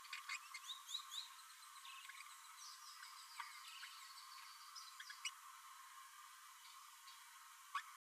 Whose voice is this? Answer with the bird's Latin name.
Forpus passerinus